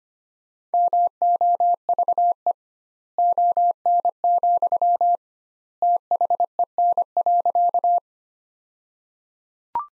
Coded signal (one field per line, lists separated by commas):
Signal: Morse code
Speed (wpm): 25 wpm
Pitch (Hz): 700 Hz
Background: none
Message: MOVE ON, THEN.